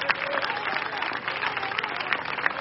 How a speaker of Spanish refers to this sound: Dele aplauso al Señor. Déselo fuerte, corre.